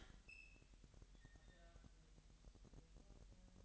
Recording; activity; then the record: daily activity, microphone in the room; open fridge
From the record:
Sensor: 3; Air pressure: 1001.9 hPa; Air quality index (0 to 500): 239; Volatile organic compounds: 44 ppm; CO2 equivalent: 3206 ppm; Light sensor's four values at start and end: 12/37/16/13 and 12/37/16/13